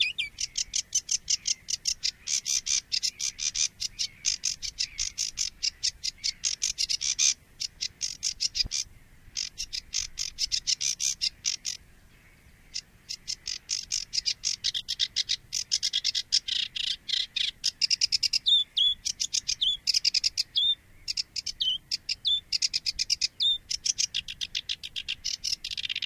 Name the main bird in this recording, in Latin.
Acrocephalus schoenobaenus